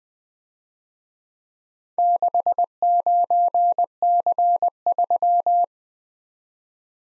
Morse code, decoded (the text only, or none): 69C3